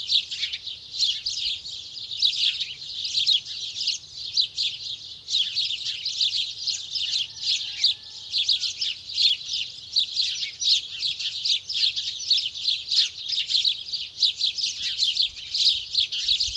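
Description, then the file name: House sparrows calling as a busy flock, with a constant wash of high, rapid chirps and chatter that never pauses. "Passer domesticus"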